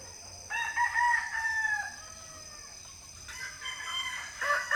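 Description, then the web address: Chicken calls, a drawn-out harmonic call sliding slightly downward, then further calls near the end, over a steady high drone. Several hens calling together in a quiet village in the Philippines, early morning. "Philippines sound library by Faunethic Village quiet chicken hen symphony early the morning"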